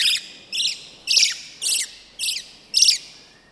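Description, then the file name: Eurasian blackbird uttering a steady run of six harsh, scratchy chack notes over light background hiss. "Turdus merula"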